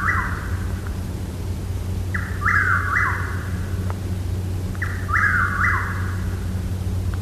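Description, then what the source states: Chuck-will's-widow singing its whistled three-note phrase, repeated three times at steady intervals, with a constant low droning hum beneath. Anne Arundel County, Maryland.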